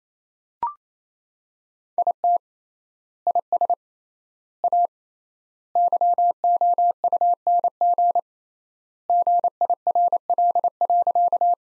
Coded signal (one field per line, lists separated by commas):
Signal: Morse code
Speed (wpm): 27 wpm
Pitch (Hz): 700 Hz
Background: none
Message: IT IS A YOUNG GIRL.